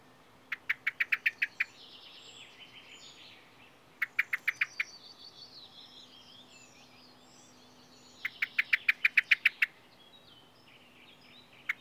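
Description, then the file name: Common blackbird giving sharp, clicking chink calls in three quick runs of about six to ten notes, with softer warbling between the runs. "Turdus merula"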